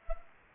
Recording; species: mosquito wingbeat signal from an infrared sensor; Anopheles gambiae